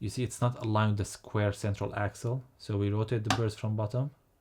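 The burr grinding chamber of a coffee grinder is being fitted onto its square central axle; it has been pushed in and the spring lowered, but it is not yet aligned, so the burrs are rotated from below. Someone talks throughout. Nothing has seated or clicked yet.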